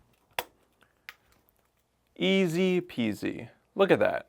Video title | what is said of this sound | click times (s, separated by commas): Best Monopod for Wildlife Photography? Ifootage Compared | So, I can just pop this off. | 0.4 s